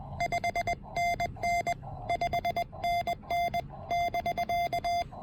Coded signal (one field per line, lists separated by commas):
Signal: Morse code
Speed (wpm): 21 wpm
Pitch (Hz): 2100 Hz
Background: none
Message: 5NN 5NN<BK>